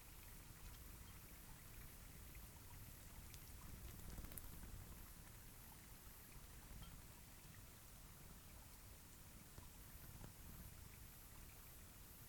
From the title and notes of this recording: This was recorded on a cloudy night beside Taylor Lake in the Russian Wilderness, Klamath National Forest, Siskiyou County, California. The recording starts at around midnight and continues until sunrise. The night was fairly calm with a faint breeze blowing through the treetops. Midnight Till Morning Beside Taylor Lake.